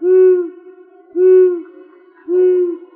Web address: Asio otus